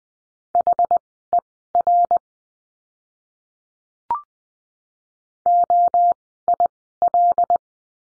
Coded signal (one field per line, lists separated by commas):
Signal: Morse code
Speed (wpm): 20 wpm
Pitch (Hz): 700 Hz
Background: none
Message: HER OIL